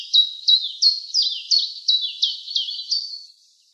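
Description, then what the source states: Common chiffchaff song: a run of about ten high, sweet notes alternating slightly in pitch, delivered roughly three per second, then stopping; no other sounds. East European subspecies.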